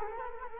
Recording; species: mosquito wingbeat signal from an infrared sensor; Culex quinquefasciatus